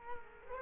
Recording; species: mosquito wingbeat signal from an infrared sensor; Culex quinquefasciatus